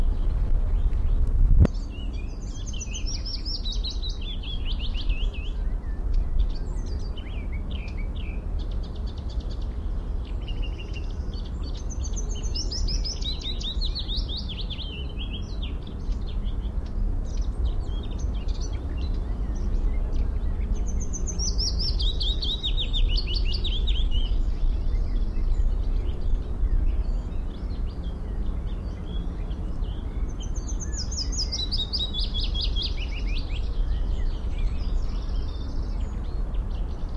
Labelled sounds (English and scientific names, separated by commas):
Willow Warbler (Phylloscopus trochilus)